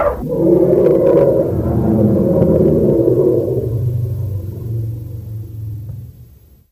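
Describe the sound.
Elephant rumble: a brief sharp onset, then a long, low, throaty growl that slowly fades away over several seconds.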